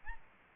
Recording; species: mosquito wingbeat signal from an infrared sensor; Aedes albopictus